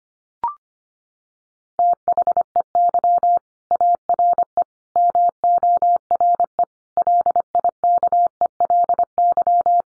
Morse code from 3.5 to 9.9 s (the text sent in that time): ARE MORE LIKELY